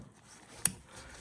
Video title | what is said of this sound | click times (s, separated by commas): How to Replace Low Beam Headlights on a 2013–2018 Toyota RAV4 (9005 LED Upgrade) | So now it's locked in all the way. | 0.7 s